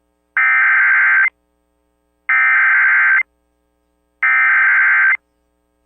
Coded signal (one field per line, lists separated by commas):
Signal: Emergency Alert System (SAME) tones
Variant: header bursts